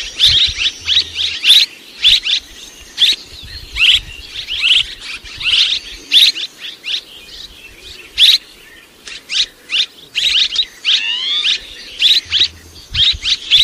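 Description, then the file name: Busy swallow chatter: rapid high chirps broken by short pauses, with a few rising twittering notes late on. "Tieng en nguc ran en vang"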